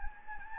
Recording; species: mosquito wingbeat signal from an infrared sensor; Anopheles gambiae